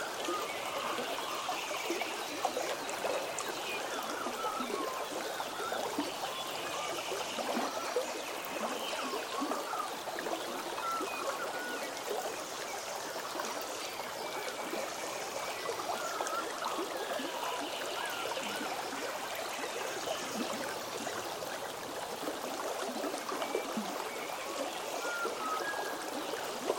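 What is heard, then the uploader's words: A jungle river runs steadily for the whole stretch, a dense, even rush of water with fine trickling and splashing detail in the middle and upper range. The level never really rises or falls, and no distinct events stand out from the constant flow. River in the Jungle.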